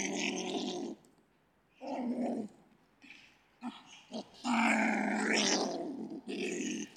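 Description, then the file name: Stone marten giving rough, hoarse growls in broken bursts, then a longer strained screech over a growl, ending in another harsh snarl. Wild animal in Europe. "Steinmarder Geraeusche Wildtiere in Europa"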